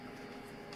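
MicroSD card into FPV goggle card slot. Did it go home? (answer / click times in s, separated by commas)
no / none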